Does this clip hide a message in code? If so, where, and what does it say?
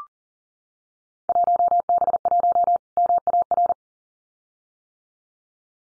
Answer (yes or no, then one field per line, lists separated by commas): yes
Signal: Morse code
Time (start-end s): 1.3-3.7 s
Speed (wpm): 40 wpm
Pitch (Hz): 700 Hz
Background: none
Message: 1B1 MAR